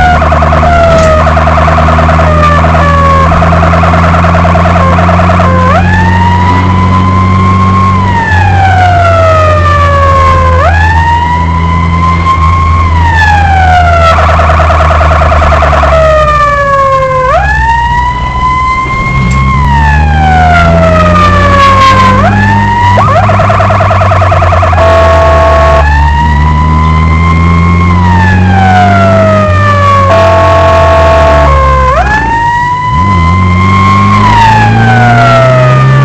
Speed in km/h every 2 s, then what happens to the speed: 58, 62, 65, 67, 69, 63, 62, 60, 38, 33, 47, 55, 46, 38, 49, 48, 35, 41.
0-7 speeds up to 69. 7-17 slows to 33. 17-21 speeds up to 55. 21-25 slows to 38. 26-28 speeds up to 49. 28-33 slows to 35. 33-36 speeds up to 41.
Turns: none.